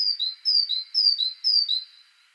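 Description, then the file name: Great tit song of ringing paired notes, a higher whistle followed by a lower one, repeated four times in quick, steady rhythm before fading. "Parus major"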